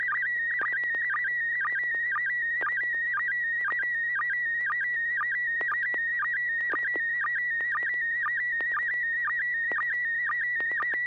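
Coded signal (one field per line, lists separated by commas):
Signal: SSTV (slow-scan television)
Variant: PD120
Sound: steady high warbling tone with frequent rapid dips and short clicks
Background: low electrical hum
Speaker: All right, this will be PD 120.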